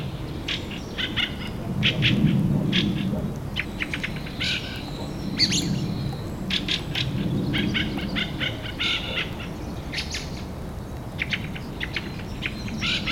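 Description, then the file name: Fieldfare song: rapid, rattling chatter of dry squeaky notes in uneven groups, over low background rumble. Recorded 25 April at 4:30 in the morning. "Drozd-ryabinnik - 25 aprelya 4 30 utra"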